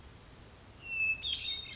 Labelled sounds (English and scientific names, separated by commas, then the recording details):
Hermit Thrush (Catharus guttatus)
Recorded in Sonoma County, California